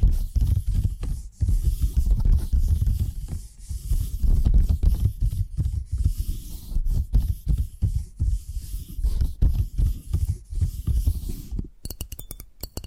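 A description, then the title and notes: Tapping triggers: a dense run of soft, low, thudding taps and rubs, packed closely with brief pauses near 1.3 and 3.5 seconds. The taps stay muffled and bassy with faint scratchy texture above. Near the end the sound drops away into a few sharp, bright clicks. ASMR 10 Addictive Tapping Triggers. (No Talking).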